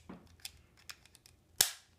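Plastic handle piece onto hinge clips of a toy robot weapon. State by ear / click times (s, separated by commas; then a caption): seated / 1.6 s. A plastic handle piece from another figure is plugged onto a set of clips on the hinge of a toy mech's weapon. A few faint ticks and scrapes come first, then the handle seats with a sharp click at 1.6 s.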